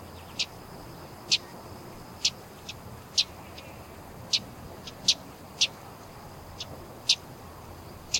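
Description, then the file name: Common yellowthroat calling with brisk, high, clicky chips roughly every half second to second, with soft low rumble beneath. "Geothlypis trichas - Common Yellowthroat"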